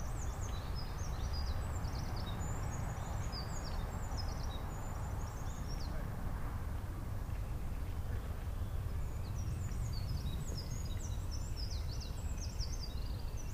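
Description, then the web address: Eurasian wren song: two long runs of rapid, high, sharp notes and trills, one in the first six seconds and another near the end, over a steady low rumbling background. Recorded at Nagaike on 11 March 2008. "nagaike misosazai 080311"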